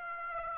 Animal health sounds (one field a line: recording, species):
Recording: mosquito wingbeat signal from an infrared sensor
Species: Aedes aegypti